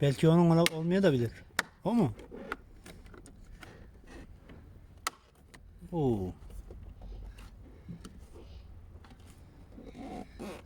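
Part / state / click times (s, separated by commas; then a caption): door handle part into car door / seated / 5.1 s. While a worn exterior door handle is being replaced on a BMW 3 Series (E90/E91), the plastic handle part is pushed into the car door and snaps fully into place with a sharp click at 5.1 s. Lighter taps and handling noises come before and after it, and someone talks at the start, around 6 s and near the end.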